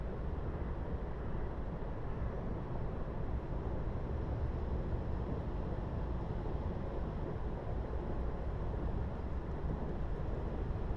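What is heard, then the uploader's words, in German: An icebreaker works through a canal, its engine a heavy, unbroken low rumble that fills the whole eleven seconds. The sound is dense and steady, strongest in the deep range with a rough grinding texture above it, and nothing else stands out. Der Eisbrecher MS Franz Hesselberger. Ein Eisbrecher im Kanal bei Fürth.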